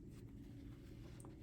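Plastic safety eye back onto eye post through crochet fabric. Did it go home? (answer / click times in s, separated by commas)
no / none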